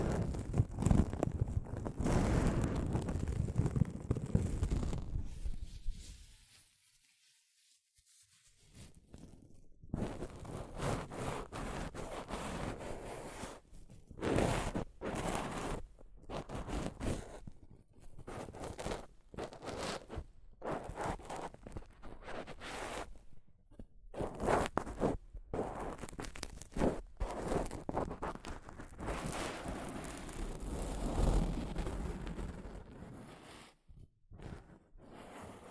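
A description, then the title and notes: Soft fabric brushes and rubs against a microphone, making a dense, rustling scrape with a heavy low rumble at the start. After a near-silent pause around seven seconds, the brushing returns in quick, irregular strokes and bursts that continue to the end, fading briefly near 34 seconds. ASMR Mic Brushing using Soft Fabric (No Talking).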